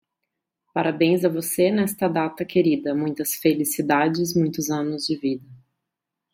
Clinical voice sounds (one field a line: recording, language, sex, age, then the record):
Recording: short text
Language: Brazilian Portuguese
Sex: female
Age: 30 to 39 years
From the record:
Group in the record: control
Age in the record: 33 years